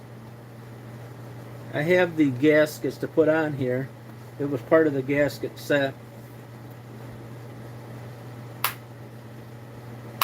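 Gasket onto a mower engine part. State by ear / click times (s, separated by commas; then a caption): seated / 8.6 s, 10.2 s. Someone talks over a steady low hum, then two new gaskets from a gasket set are pressed onto parts just removed from a ZR 600 mower engine. Two sharp snaps are heard at 8.6 s and 10.2 s as the gaskets seat into place.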